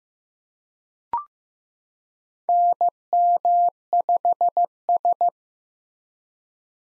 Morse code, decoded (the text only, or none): NM5S